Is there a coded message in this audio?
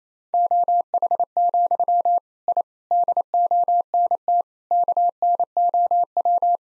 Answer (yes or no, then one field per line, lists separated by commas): yes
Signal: Morse code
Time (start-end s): 0.3-6.6 s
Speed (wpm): 28 wpm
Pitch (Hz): 700 Hz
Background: none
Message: OH, I DONT KNOW